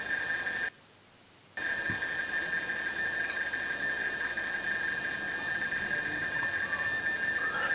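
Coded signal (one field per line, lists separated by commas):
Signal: RTTY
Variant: Baudot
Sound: warbling two-tone teletype chatter over hiss, with one short silent gap near the start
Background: radio static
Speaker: están transmitiendo la cinta de sintonía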